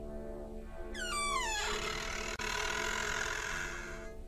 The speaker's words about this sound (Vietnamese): Cánh cửa sau lưng quán từ từ mở. Ấy, cái tiếng bản lề lâu ngày khô dầu rít lên ken két.